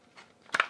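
A roller shade's headrail, with its top groove hooked onto a spring-loaded wall mounting bracket, is pushed in so the clip snaps into place. After a faint rustle, a sharp double click sounds at 0.6 s and 0.6 s (0.55 s and 0.60 s). The shade is seated on the bracket.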